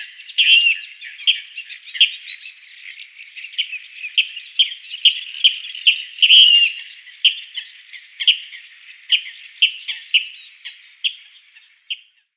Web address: Schulze Peter Water Rail calls